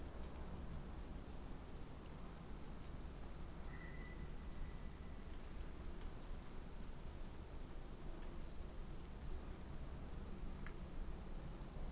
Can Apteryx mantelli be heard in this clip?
no